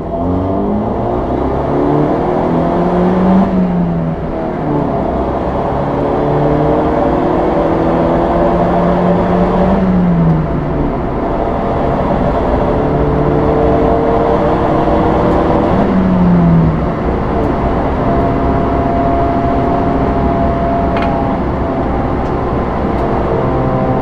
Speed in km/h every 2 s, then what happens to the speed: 50, 67, 85, 104, 114, 117, 123, 134, 138, 140, 140, 137.
0-17 speeds up to 140.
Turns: none.